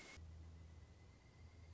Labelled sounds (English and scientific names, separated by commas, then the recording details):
Pileated Woodpecker (Dryocopus pileatus)
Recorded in Sonoma County, California